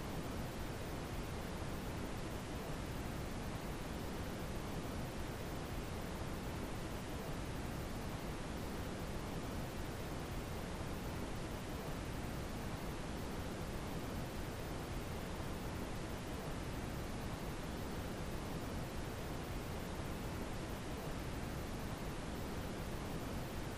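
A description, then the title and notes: Brown noise: a deep, constant rush like distant water or wind, unchanging for the whole stretch. The sound is dense and even, weighted toward the low end with a softer hiss above, and no separate events break through. Brown Noise. Deep, soothing sound that resembles a constant rush of water or wind in the distance.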